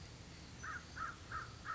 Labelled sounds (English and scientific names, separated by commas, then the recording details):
American Crow (Corvus brachyrhynchos)
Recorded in Sonoma County, California